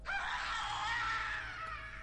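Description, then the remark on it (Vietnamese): A shrill, piercing scream from the direction of the door holds steady for about two seconds, loud and harmonic, over a faint low rumble that lingers underneath without a distinct growl. “Tiếng thét vắng trời từ phía cửa, lại thêm tiếng gầm gừ trầm âm như là từ địa ngục vậy, cả cơ thể của tôi run lên bần bật.”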